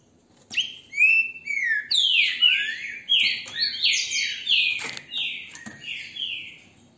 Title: GRAVEI COM CELULAR NA MÃO, trinca ferro canto lindo